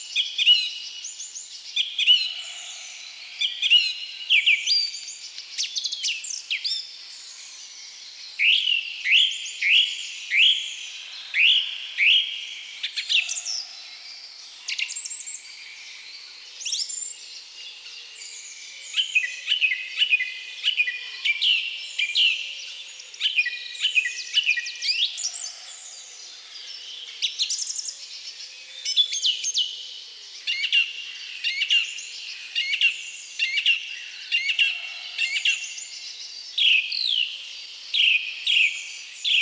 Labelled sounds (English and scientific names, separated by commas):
Song Thrush (Turdus philomelos) song